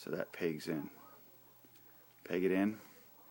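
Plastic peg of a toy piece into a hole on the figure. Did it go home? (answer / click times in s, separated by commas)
no / none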